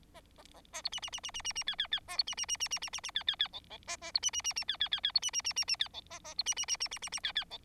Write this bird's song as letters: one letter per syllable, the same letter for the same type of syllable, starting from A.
A B C C C C C C C D D D A B C C C C C C C C D D D E E A A B C C C C D D D D B C C C C C D E A A B C C C C C C C D D E